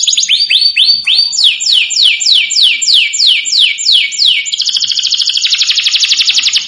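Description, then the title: Domestic canary singing a string of bright descending whistled notes, roughly three per second, ending in a dense, rapid buzzy trill. Canary song played to excite a Belgian canary and provoke it into singing in response. "Canto Para Esquentar Canário Belga. Suara Kenari Bikin Emosi & Langsung Nyaut"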